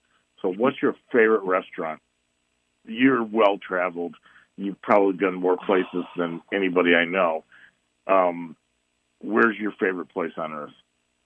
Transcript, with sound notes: So what's your favorite restaurant? You're well traveled.
You've probably been more places-
(sighs)
... than anybody I know. Um, where's your favorite place on Earth?